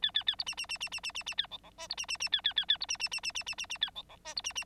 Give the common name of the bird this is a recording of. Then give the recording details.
Bengalese Finch. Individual Bird9